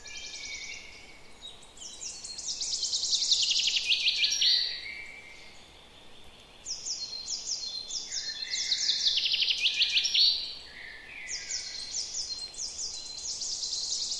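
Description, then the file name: Common chaffinch singing twice: fast descending trills of sharp notes closing with an emphatic flourish, with other soft chirps between and after the songs. "Fringilla coelebs"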